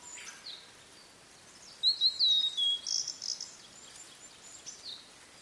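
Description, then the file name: Blue-and-white flycatcher song: one brief phrase of high whistled notes followed by a few short chirps, with a steady background hiss. "oruri"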